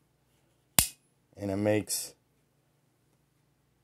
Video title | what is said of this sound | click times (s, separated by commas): AG Russell 4" Sunfish Lockback (Red Jigged Bone) | and it makes a heck of a snap when it clicks into place | 0.8 s